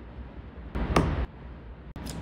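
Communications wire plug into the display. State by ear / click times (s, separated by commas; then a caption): seated / 1.0 s. A communications wire plug, with its yellow, white and gray wires on top, is pushed into the back of a Nucular P24F display on a Talaria XXX, and a sharp click sounds at 1.0 s amid a brief burst of handling noise. The connector is seated.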